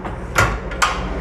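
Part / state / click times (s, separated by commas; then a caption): wheel rim into tyre changer turntable clamps / seated / 0.4 s, 0.8 s. A wheel rim placed on the turntable of an automatic tyre changer is locked in by the rim lock jaws, giving two sharp metallic hits at 0.4 s and 0.8 s over a steady low machine hum. The jaws seat and the wheel is clamped in place.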